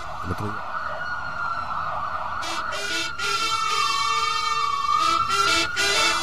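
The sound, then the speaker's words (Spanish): A police siren at the start of a song wails in a sustained, slightly wavering high tone, joined about halfway through by loud pulsing bursts that give it a rhythmic, layered sound. “Empieza así, con una ambulancia, sirena, policía. Policía, más bien.”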